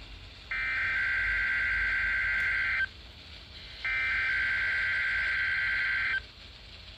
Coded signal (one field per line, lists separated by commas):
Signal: Emergency Alert System (SAME) tones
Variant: header bursts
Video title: KIH55 NOAA weather radio test April 30, 2022 at 11 AM CDT Montgomery, AL